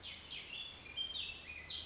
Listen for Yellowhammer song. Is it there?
no